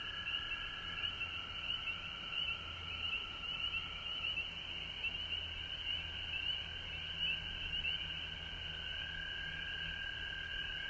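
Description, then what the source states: Frog chorus with quick repeated high notes standing out above a continuous lower band. Frogs recorded at home in Georgia on March 19, 2020.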